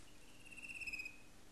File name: Fan-tailed Cuckoo